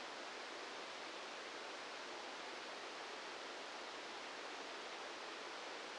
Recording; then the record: brain microelectrode recording played as sound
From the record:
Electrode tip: outside the subthalamic nucleus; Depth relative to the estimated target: -8 mm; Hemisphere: right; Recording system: NeuroSet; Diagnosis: Parkinson's disease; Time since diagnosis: 13 years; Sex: male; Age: 66 years